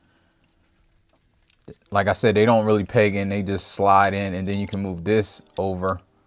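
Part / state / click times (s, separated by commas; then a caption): plastic leg panel sliding into place on a transforming robot figure / not seated / none. A plastic leg panel on a transforming robot figure is handled during its car-to-robot transformation, its tabs sliding in rather than pegging in. A few faint ticks are heard in the first two seconds, then someone talks over the rest of the clip. The part is being moved over but has not clicked or seated yet.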